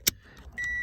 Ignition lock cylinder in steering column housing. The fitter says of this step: see you'll hear a click once you hear that click usually it's already ready to come out